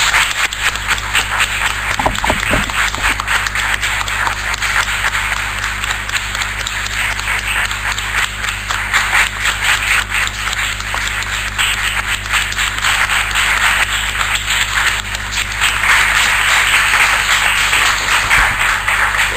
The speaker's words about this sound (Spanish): Yo lo que pediría es que, como él se merece, lo despidamos con un aplauso. Con un fuerte aplauso.